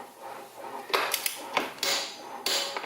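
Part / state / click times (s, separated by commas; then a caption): rear axle nut on a motorcycle swingarm, tightened with a torque wrench / torque reached / 2.5 s. The rear axle nut on the swingarm of a CRF230 dirt bike is tightened with a click-type torque wrench set to 50 foot-pounds. A series of short, sharp metallic ratchet and handling taps is followed by two louder bursts, and the wrench clicks at 2.5 s, confirming the nut is torqued to 50 ft-lb.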